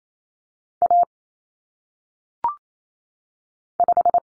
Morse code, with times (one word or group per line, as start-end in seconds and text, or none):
0.8-1.0 A
3.8-4.2 5